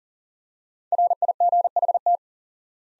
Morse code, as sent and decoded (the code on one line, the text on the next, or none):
.-. .. --. .... -
RIGHT